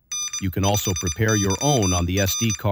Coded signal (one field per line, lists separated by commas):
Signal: Morse code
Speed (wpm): 24 wpm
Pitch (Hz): 3600 Hz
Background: speech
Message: N5YR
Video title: MorseBOX – Learn Morse Code with a Real Telegraph Key! Train, Transmit, Compete!